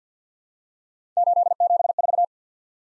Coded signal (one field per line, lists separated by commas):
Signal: Morse code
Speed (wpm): 46 wpm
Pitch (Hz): 700 Hz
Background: none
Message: 874